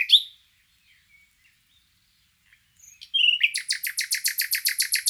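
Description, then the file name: Common nightingale song: a sharp opening note, near silence, then a short warble leading into a fast, even series of loud repeated notes continuing to the end. "Luscinia megarhynchos"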